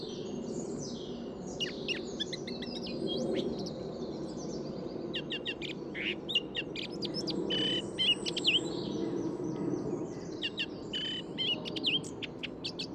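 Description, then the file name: Eurasian blackcap giving rapid scratchy chirps and short warbled phrases, high and irregular, over a steady low hum of background noise. "Sylvia atricapilla"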